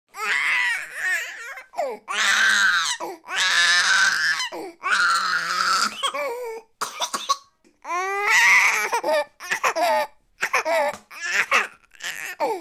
One human baby 9 months frustrated crying and coughing.